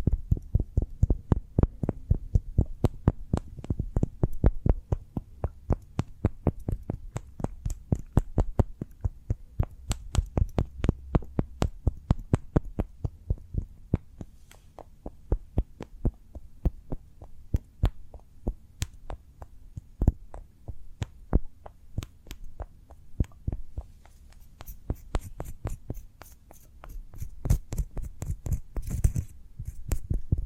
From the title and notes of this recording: ASMR Cork Triggers. (No Talking).